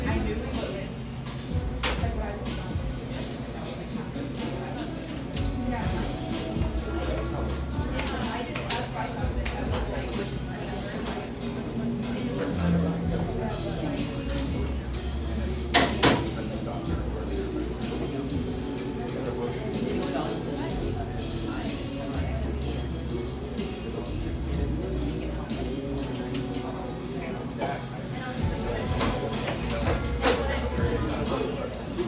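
Café ambience with a steady murmur of overlapping conversation throughout, over music carrying a low, pulsing bass line. Scattered sharp clicks and knocks of cups and doors cut through, with a louder clatter around the sixteen-second mark.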